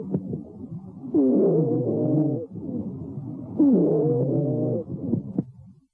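Polyphonic wheeze heard over an adult's lungs through a stethoscope: two long musical wheezes, each lasting over a second, made of several simultaneous tones between roughly 100 and 700 Hz, recurring with the breathing cycle and separated by quieter breath noise.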